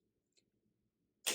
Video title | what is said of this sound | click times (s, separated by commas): How to Change Tesla Model Y and Model 3 Windshield Wiper Blades - Super Easy! | and you'll hear it click off and this is what looks like without the | 1.3 s